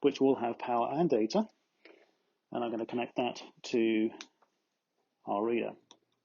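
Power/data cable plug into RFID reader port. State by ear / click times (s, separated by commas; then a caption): not seated / none. Someone talks while handling an output cable that carries power and data, bringing its plug toward the port on a SensX Extreme RFID reader. A brief, faint handling sound comes at about 1.9 s between the words. Nothing has seated or clicked yet.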